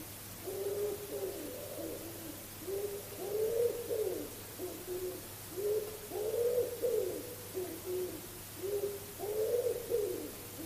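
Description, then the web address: Common wood pigeon cooing in several soft phrases of a few notes each, over a faint steady low hum. "cianscape. Deverinetal. Bird Only"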